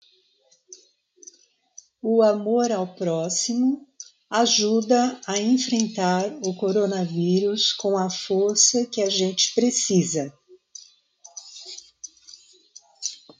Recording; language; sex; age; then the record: spoken sentence; Brazilian Portuguese; female; 60 to 69 years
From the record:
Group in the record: control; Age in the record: 63 years